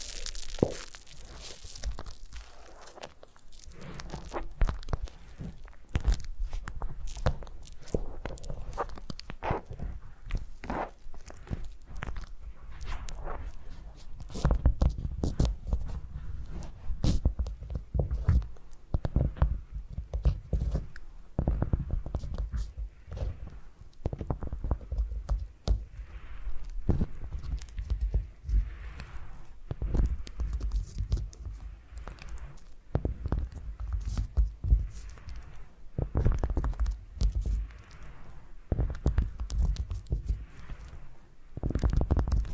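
A foam massage: dense, irregular squeaks, rubs and soft crunchy thumps repeat throughout, weighted low, with brief bright clicks and scrapes mixed in.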